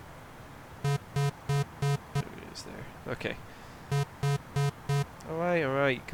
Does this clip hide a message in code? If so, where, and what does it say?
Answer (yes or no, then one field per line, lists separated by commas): no